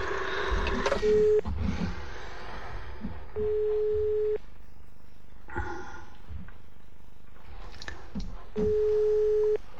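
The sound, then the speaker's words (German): Telephone dialing and a ringing tone: clicks and rustling handset noise, broken by three steady, low-pitched ring tones that each last about a second. No one speaks. “ich muss mal telefonieren.”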